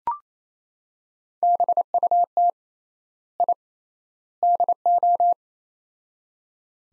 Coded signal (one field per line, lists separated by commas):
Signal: Morse code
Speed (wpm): 28 wpm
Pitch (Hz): 700 Hz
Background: none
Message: BUT I DO